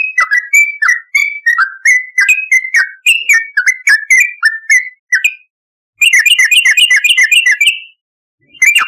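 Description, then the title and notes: Yellow-vented bulbul song: lively bubbling phrases of quick whistled notes, dipping and rising, several per second, with short pauses between bursts. "Trucukan. Kicau Burung"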